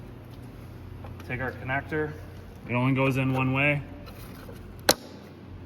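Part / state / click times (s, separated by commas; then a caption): wiring connector into tail light bulb socket / seated / 4.9 s. Someone talks while a wiring connector is pushed into the plastic bulb socket of a 2013 Kia Sorento tail light during a brake light and turn signal bulb replacement; the connector only fits one way. After the talking stops, a single sharp, loud snap is heard at 4.9 s over a steady low hum as the connector clicks in and is seated.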